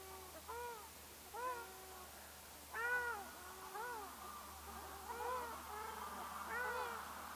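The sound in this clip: Ruddy shelduck calls, nasal honks given singly or in small groups with pauses between, over a low steady hum.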